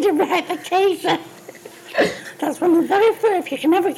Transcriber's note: laughs